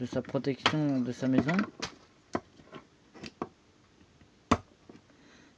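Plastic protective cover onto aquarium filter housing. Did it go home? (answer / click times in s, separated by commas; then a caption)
yes / 4.5 s. A plastic protective cover is refitted onto an aquarium filter housing and pressed home while someone talks. A few light knocks and taps follow. Then a sharp, loud snap at 4.5 s shows the cover has clicked into place.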